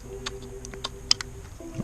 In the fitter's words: also just snaps right into place